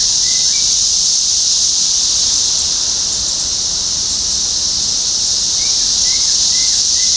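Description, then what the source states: Steady cicada buzzing fills the whole stretch, with a few faint bird chirps near the start and again near the end. Topeka, Kansas, 14 June 2015.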